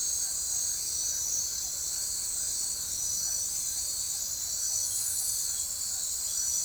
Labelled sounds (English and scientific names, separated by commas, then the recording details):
none
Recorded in forest near Pivijay, Magdalena, Colombia, on 4 June 2023 at 20:00
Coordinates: 10.467, -74.380
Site Z5-G034